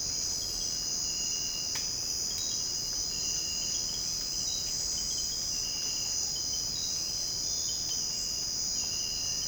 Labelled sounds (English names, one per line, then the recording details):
none
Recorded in secondary vegetation near Puerto Asís, Putumayo, Colombia, on 21 March 2025 at 06:30
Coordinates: 0.502, -76.326
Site G100